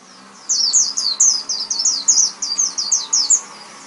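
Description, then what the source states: White-eye song: one steady, lively run of about a dozen high, slurred chirps after a brief hush. Pleci (white-eye); tutor recording (masteran) played so a pleci quickly opens its beak and starts singing.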